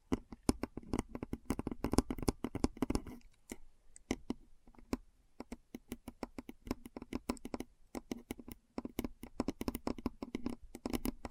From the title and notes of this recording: ASMR Keyboard Sounds (No Talking).